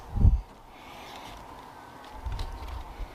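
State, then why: Not seated. A repaired wiring harness connector on a 2008–2014 Ford F-150 is being slid up underneath toward the number 70 slot of the fuse/relay box, where it is meant to latch. There are low handling bumps around 0.2–0.4 s, a faint steady hum near 1 kHz, and more low rustling from about 2.2 s to 2.6 s with a brief sharper tick at 2.4 s. Nothing has seated or clicked in yet.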